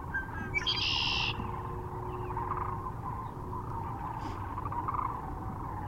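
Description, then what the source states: Sandhill Cranes calling as a continuous rattling chorus, with a louder high, buzzy call near one second. Recorded near Kearney, Nebraska, on 9 March 2004.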